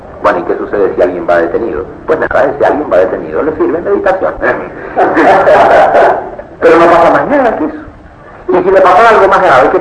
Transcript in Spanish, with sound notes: Bueno, ¿y que sucede si alguien va detenido? ¡Pues nada! ¡Ese alguien va detenido! Le sirve meditación (risas) ¡Pero no pasa más nada que eso! ¿Y si le pasara algo más grave…?